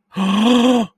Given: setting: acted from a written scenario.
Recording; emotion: vocal sound without words; elation